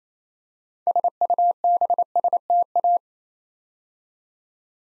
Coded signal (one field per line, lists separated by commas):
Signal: Morse code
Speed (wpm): 28 wpm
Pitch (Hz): 700 Hz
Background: none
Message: SUBSTA